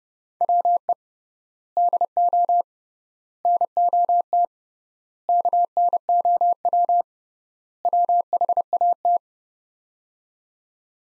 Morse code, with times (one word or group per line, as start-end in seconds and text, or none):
0.4-0.9 WE
1.8-2.6 DO
3.5-4.4 NOT
5.3-7.0 KNOW
7.9-9.2 WHAT